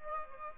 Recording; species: mosquito wingbeat signal from an infrared sensor; Aedes albopictus